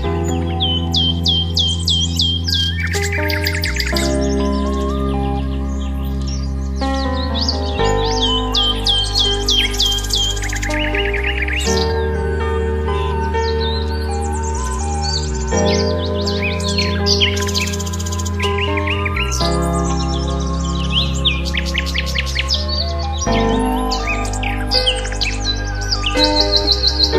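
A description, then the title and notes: Bright bird chirps and trills dart over relaxing music, the calls coming in quick bursts every few seconds. Beneath them, steady sustained chords and a deep bass hold, shifting to new notes roughly every four seconds, with the level staying even throughout. WILD BIRDS NATURAL SOUNDS AND RELAXING MUSIC.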